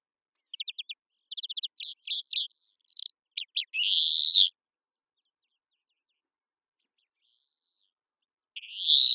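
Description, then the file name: European greenfinch sounding quick twittering trills and chirps that end in a drawn-out nasal wheeze, then silence before a second wheeze begins. "Chloris chloris"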